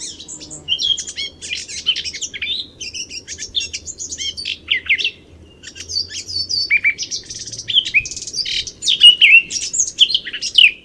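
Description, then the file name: Eurasian blackcap song: a fast warble of scratchy and clear chirping notes in bursts with short pauses, with brighter whistled notes near the end. "Sylvia atricapilla"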